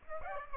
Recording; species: mosquito wingbeat signal from an infrared sensor; Aedes aegypti